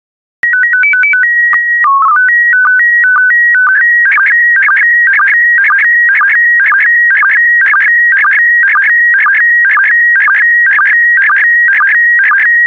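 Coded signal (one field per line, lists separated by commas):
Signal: SSTV (slow-scan television)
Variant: PD 120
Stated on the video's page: PD120 SSTV images.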